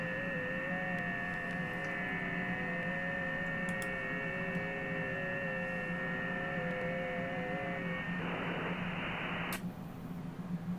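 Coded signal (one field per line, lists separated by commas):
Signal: FT8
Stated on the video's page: Amateur FT8 and FT4 contacts with stations around the world.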